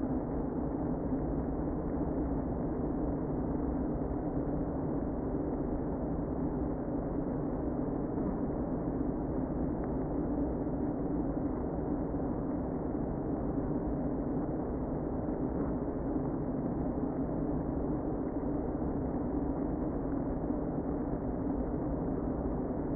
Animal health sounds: honeybee colony, microphone inside the hive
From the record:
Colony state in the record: queen present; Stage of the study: before two queens were removed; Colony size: about 60,000 bees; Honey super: yes

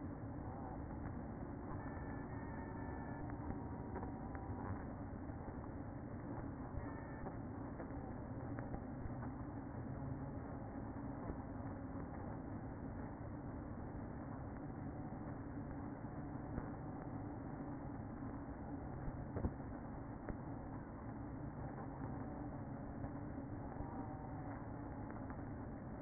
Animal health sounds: honeybee colony, microphone inside the hive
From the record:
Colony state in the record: queen present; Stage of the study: after two queens were removed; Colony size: about 60,000 bees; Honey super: yes

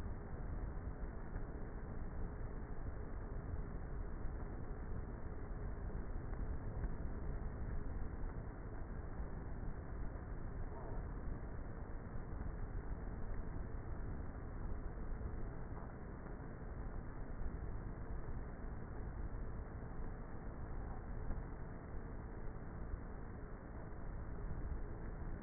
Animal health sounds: honeybee colony, microphone inside the hive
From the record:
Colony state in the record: queenless with a low population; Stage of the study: before two queens were removed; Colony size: about 30,000 bees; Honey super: no

